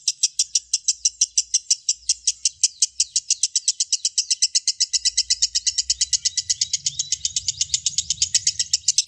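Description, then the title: Lovebird sustained trill: rapid, evenly pulsed high chatter that runs without pause, with a soft low rumble appearing in the second half. Lovebird singing the long ngekek trill, a model song for training other birds. "Suara Lovebird KUSUMO Ngekek Untuk Masteran"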